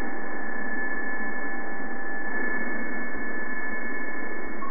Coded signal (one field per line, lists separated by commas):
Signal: PSK31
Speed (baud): 31.25 baud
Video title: Demo of SDR-Radio with Lazy Dog LD-1B Front End, Part I